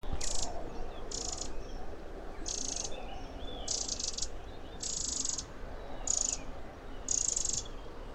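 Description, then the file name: Eurasian wren giving harsh, buzzy rasping calls, seven short bursts at irregular intervals of roughly one second, over a low rumbling background. "Troglodytes troglodytes"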